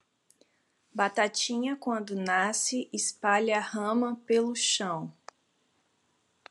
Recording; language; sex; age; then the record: short text; Brazilian Portuguese; female; 30 to 39 years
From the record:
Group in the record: control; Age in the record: 32 years